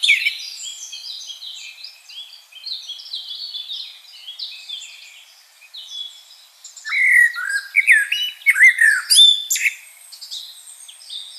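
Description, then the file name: Common blackbird song: a long stretch of high, jumbled twitter, then loud warbled fluty phrases with squeaky flourishes near the end. "Turdus merula"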